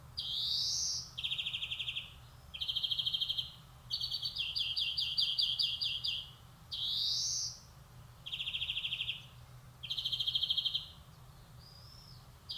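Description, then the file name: European greenfinch singing, mixing rising nasal wheezes with buzzy trills and quick twittering runs, with short gaps between phrases. "Chloris chloris"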